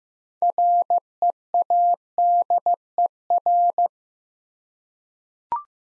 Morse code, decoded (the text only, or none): READER